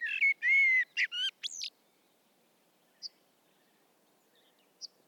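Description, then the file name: Common blackbird song: one mellow fluted phrase ending in a squeaky high twitter during the first two seconds, then near silence with two faint high ticks. "Turdus merula"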